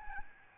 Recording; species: mosquito wingbeat signal from an infrared sensor; Aedes albopictus